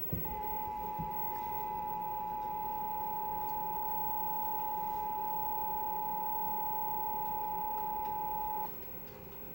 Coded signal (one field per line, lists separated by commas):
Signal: Emergency Alert System (SAME) tones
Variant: 853 and 960 Hz attention tone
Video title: EAS #59 - Feb 2024 Required Monthly Test